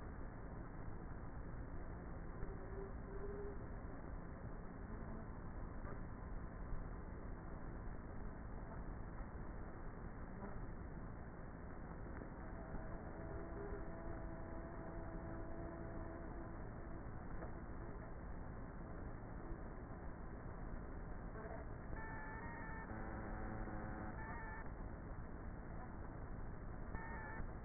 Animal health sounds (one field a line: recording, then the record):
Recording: honeybee colony, microphone inside the hive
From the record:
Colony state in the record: queenless with a low population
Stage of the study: before two queens were removed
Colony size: about 30,000 bees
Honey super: no